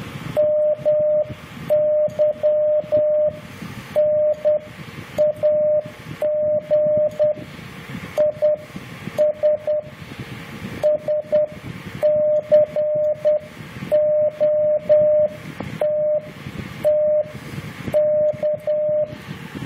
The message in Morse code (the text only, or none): MY NAG IS SCOTT K